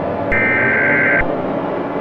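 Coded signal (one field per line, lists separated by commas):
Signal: Emergency Alert System (SAME) tones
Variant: header bursts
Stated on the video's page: Fictional EAS scenario with text-to-speech voices, using a borrowed EAS pitch.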